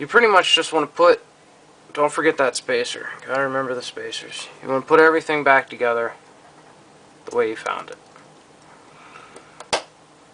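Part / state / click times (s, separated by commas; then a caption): folding knife component into the knife's frame/liner assembly / seated / 9.7 s. A metal part of a cleaned folding knife is pressed back into position in the frame and liner assembly during reassembly, with the spacers put back as well. Someone talks for most of the clip, then a faint tick at 9.6 s leads into a sharp click at 9.7 s as the part seats into place.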